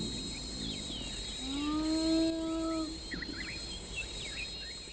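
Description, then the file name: Spotted hyena voicing one sustained low, hooting note lasting over a second, nearly level in pitch, set against constant insect hiss and small chirping birds. "Spotted Hyaena (Crocuta crocuta)"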